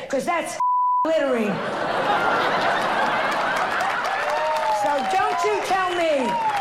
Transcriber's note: soundbite of laughter; soundbite of applause